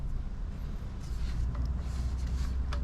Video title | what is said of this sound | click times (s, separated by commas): Trottinette PABLO de chez emobility. Mieux que la Xiaomi m365? | je l'ai mal clipsé. | 1.5 s, 2.7 s